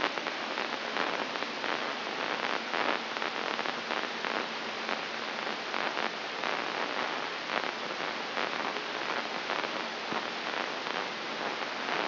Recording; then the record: brain microelectrode recording played as sound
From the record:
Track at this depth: inside the subthalamic nucleus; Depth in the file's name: 4.539 mm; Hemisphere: right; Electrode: 3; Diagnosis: Parkinson's disease